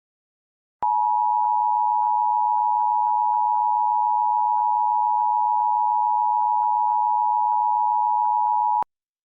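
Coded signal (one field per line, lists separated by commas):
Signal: Emergency Alert System (SAME) tones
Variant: 853 and 960 Hz attention tone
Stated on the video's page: Valid EAS tones for two Special Marine Warnings and an Evacuation Immediate alert.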